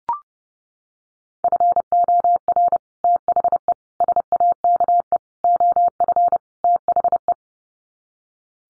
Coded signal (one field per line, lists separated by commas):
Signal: Morse code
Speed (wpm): 30 wpm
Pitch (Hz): 700 Hz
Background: none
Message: FOR THE SAKE OF THE